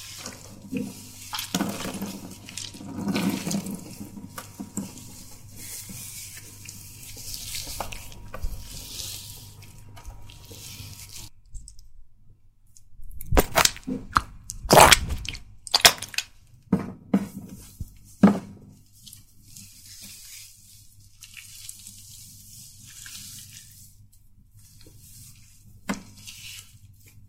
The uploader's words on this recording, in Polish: ASMR WIZYTA U FRYZJERA GWIAZD - ATELIER KAJETAN GÓRA.